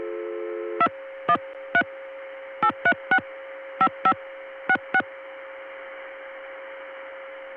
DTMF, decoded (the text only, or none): 2138365566